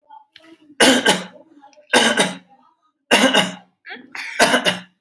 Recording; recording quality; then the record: heavy voluntary cough; excellent, no background noise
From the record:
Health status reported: healthy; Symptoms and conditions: none ticked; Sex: male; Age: 45 years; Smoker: not ticked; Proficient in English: yes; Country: India